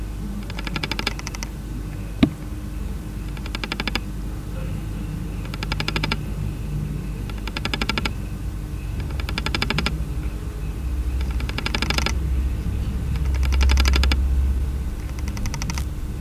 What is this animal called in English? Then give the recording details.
Death-watch Beetle. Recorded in captivity. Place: Zoologisches Institut der HUB, Berlin, DE. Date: 1969-05-13 19:50. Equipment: Uher 4200 Report Stereo, Sennheiser MD 421, Vorverstärker. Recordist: Tembrock, Günter